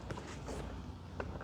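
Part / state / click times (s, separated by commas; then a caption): passenger seat into motorcycle seat latch / not seated / none. A passenger seat is being handled on a Kawasaki Ninja 1100 SX, slid under its front mount and about to be pushed down onto the motorcycle tail into the seat latch. Only soft rustling and light handling knocks are heard over a low steady background. Nothing has seated or clicked yet.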